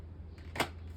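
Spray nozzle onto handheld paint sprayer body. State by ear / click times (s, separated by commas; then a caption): seated / 0.6 s. A plastic spray nozzle assembly is set onto the head of a Wagner Flexio 3500 handheld paint sprayer at 90 degrees and pushed in. A soft scrape at 0.4 s leads to a sharp click at 0.6 s as it clicks and locks into place, seated.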